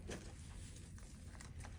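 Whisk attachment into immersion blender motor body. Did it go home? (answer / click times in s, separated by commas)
no / none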